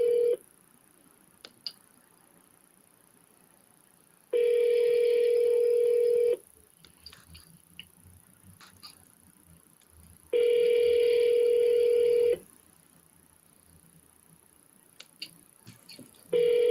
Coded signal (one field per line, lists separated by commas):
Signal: telephone call progress tone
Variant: North America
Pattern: ringback tone